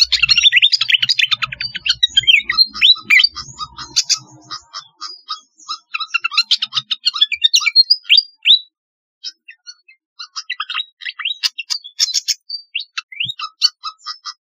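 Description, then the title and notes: Flycatcher song: a dense opening burst of high warbled chirps, then spaced sharp notes and rising whistles, a brief pause, and more scattered twittering. "Kicau Burung Sikatan"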